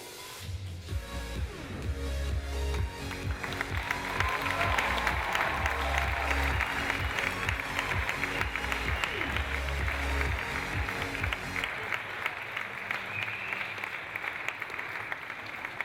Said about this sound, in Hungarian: Úgyhogy nagyon szépen köszönjük. Igazából jár a taps nektek tőlünk